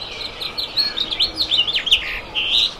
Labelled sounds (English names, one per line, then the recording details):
House Finch song
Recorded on Long Island, New York, on 23 June 2011
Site IT
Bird A